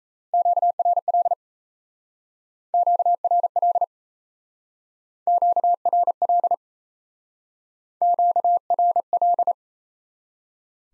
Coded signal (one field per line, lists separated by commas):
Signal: Morse code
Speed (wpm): 36 wpm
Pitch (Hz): 700 Hz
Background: none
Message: QRL QRL QRL QRL